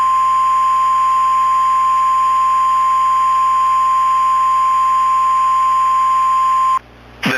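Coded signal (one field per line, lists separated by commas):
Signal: Emergency Alert System (SAME) tones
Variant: 1050 Hz attention tone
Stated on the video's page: Mock EAS alert using valid EAS tones.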